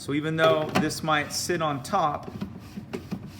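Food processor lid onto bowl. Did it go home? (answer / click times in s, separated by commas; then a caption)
no / none. A Waring 2-quart food processor lid rests on top of its plastic bowl but is not positioned correctly, so it is not locking into place and the unit cannot be used. Someone talks, followed by faint handling hits around 2.9 and 3.1 seconds. Nothing has seated or clicked yet.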